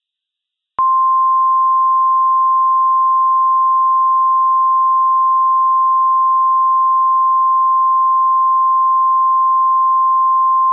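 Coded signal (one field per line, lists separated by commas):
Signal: Emergency Alert System (SAME) tones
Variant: 1050 Hz attention tone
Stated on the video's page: Fictional California earthquake EAS scenario as it would sound on radio, with valid tones.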